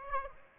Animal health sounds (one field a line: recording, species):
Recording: mosquito wingbeat signal from an infrared sensor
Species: Aedes aegypti